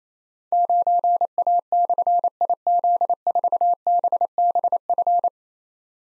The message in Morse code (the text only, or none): 9A/IZ4BBF